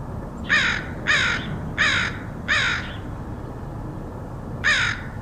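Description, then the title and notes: Crow giving four evenly spaced harsh caws, a pause, then one more, over quiet low background noise. Crows recorded in Portland, Oregon, USA, in August 2003. "Crows of Portland. Crows recorded by Dan Bodah in Portland, OR, August 2003"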